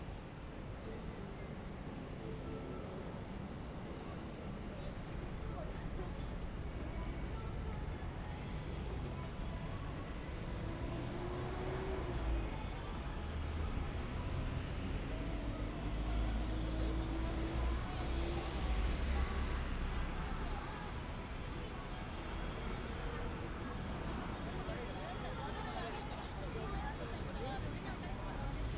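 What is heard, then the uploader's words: A busy Shibuya street in Tokyo: a dense, steady murmur of voices and passing traffic, with a low vehicle rumble swelling midway. 3D AUDIO Walking in Shibuya 渋谷 Tokyo, Japan.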